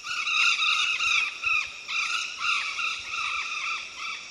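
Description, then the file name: Golden parakeet screeches, loud and harsh, in quick overlapping bursts of downward-arched notes that carry on almost without pause. "canto do guaruba"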